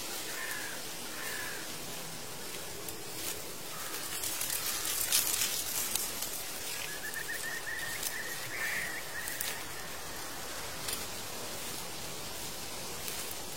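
A steady airy hiss fills the scene, with short crisp rustles and crackles of falling leaves, thickest around the fifth second and again near nine and eleven. Drawn-out bird calls come early on and again from about seven to nine seconds.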